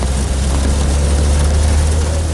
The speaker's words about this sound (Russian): Улица города. По дороге едет грузовик с разбитым бортом.